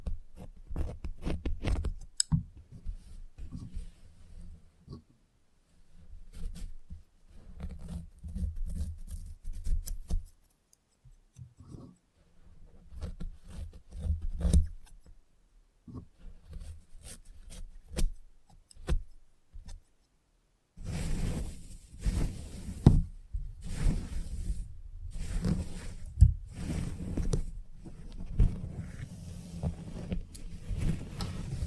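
Salon haircut sounds with quick scissor snips and soft clicks, turning after twenty seconds into denser, louder buzzing bursts with brief pauses.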